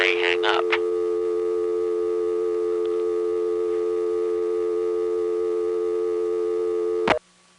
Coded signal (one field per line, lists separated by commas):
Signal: telephone call progress tone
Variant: North America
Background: speech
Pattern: dial tone